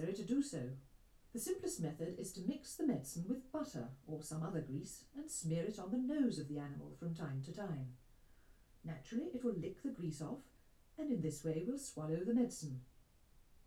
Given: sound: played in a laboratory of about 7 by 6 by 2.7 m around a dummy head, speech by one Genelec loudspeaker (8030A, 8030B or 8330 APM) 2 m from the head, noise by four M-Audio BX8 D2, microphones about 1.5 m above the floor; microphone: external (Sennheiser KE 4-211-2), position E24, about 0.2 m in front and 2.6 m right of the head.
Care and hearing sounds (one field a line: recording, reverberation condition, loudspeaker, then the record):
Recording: female speech in English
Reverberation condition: low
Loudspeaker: 30 degrees to the right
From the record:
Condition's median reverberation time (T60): about 310 ms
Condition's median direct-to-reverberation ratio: about 3.5 dB